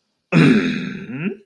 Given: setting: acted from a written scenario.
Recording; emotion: vocal sound without words; positive surprise